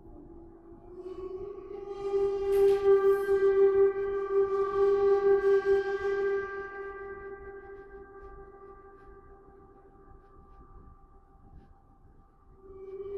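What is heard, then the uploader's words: A gong rings with a steady, humming tone and a stack of bright overtones. It swells to its loudest between about two and six seconds, with a wavering shimmer and a couple of sharp metallic flashes near three seconds, then slowly fades before rising again at the end. Sound Therapy - Gong.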